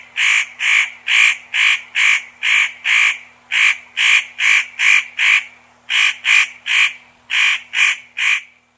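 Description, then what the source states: Spotted nutcracker giving harsh, rasping calls in a steady run, about two per second, with a couple of short breaks. Recorded 25 May 1994.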